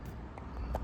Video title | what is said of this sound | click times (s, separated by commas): 1986 Alfa ￼Romeo GTv6 condition walk around | Easy peasy. And you pop that back into place, | 0.4 s, 0.6 s